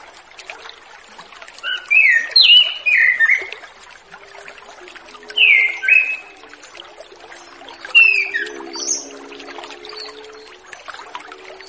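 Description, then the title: Orange-headed thrush song in three separate bursts of warbled, slurred whistles, set against a steady background hiss and a faint low hum. Relaxed, clear-toned song used as a lure for spotted juvenile free-flying birds. "Anis Kembang Ngeplong Santai , Untuk Pancingan Anis Kembang Lepas Trotol"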